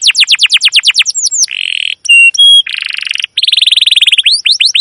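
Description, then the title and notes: Canary song opening with a fast series of descending sweeping chirps, then buzzy trills, short whistled notes and rapid rolling phrases. Domestic canary chirping song used as a lure and master recording to train young canaries to learn sounds. "CUIT CUIT NGEROL LANGSUNG GACOR PANJANG Kenari Ini AMPUH Utk Pancingan KENAR. PANCINGAN Kenari GACOR PANJANG Cuit CUIT EMOSI ini AMPUH utk MASTERAN Kenari PAUD belajar BUNYI. burung kenari"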